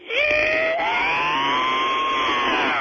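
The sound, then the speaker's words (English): A person imitates the distress screech of a barn owl that had been hit by a car and lay on its back: one long, loud, harsh hissing scream held steady for nearly three seconds, with a rising, strained tone and no pauses. “The first time I heard a barn owl, when it had gotten hit by a car, and I was going to try to help it, and it went back on its back, and a barn owl makes the sound, it goes...”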